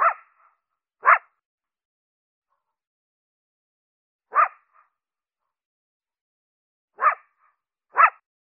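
Coyote giving short sharp barks, five single barks spaced irregularly across about eight seconds with quiet between them.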